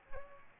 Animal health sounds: mosquito wingbeat signal from an infrared sensor; Aedes albopictus

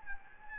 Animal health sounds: mosquito wingbeat signal from an infrared sensor; Anopheles gambiae

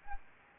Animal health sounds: mosquito wingbeat signal from an infrared sensor; Anopheles gambiae

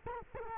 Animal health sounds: mosquito wingbeat signal from an infrared sensor; Culex quinquefasciatus

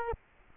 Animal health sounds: mosquito wingbeat signal from an infrared sensor; Culex quinquefasciatus

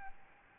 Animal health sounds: mosquito wingbeat signal from an infrared sensor; Aedes albopictus

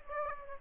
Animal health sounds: mosquito wingbeat signal from an infrared sensor; Aedes aegypti

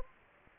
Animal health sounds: mosquito wingbeat signal from an infrared sensor; Anopheles gambiae

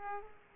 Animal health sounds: mosquito wingbeat signal from an infrared sensor; Aedes aegypti

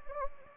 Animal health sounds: mosquito wingbeat signal from an infrared sensor; Anopheles gambiae

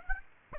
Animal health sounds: mosquito wingbeat signal from an infrared sensor; Aedes aegypti

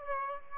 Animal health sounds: mosquito wingbeat signal from an infrared sensor; Aedes aegypti

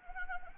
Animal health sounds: mosquito wingbeat signal from an infrared sensor; Anopheles arabiensis

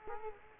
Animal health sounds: mosquito wingbeat signal from an infrared sensor; Culex quinquefasciatus

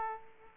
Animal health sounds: mosquito wingbeat signal from an infrared sensor; Aedes aegypti

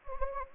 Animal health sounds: mosquito wingbeat signal from an infrared sensor; Anopheles gambiae

